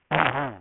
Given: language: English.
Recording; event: throat vibration sensor signal played as sound; throat clearing